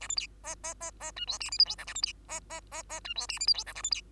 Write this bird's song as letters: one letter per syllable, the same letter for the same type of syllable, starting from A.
A B C D D D D E F G H I J K A B C D D D D E F G H I J K A B C